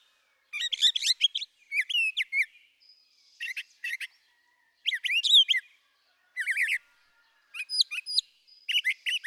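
Brown thrasher song: loud phrases of varied chirps, slurred notes and buzzes, in short bursts separated by brief pauses, with faint background birds.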